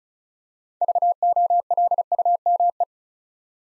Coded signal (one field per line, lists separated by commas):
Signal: Morse code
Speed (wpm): 36 wpm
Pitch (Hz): 700 Hz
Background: none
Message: VOLUME